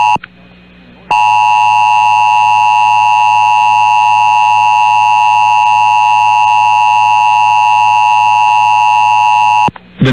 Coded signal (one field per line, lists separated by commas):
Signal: Emergency Alert System (SAME) tones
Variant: 853 and 960 Hz attention tone